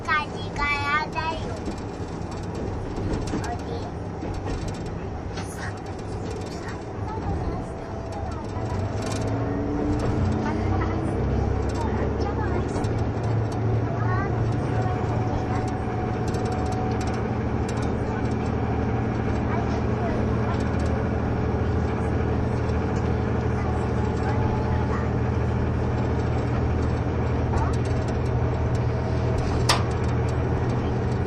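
Running sound aboard the Kiha 71 "Yufuin no Mori" diesel train: a steady low rumble and engine drone fill the whole clip. Short clicks and rattles come through often, and a voice is heard briefly near the start.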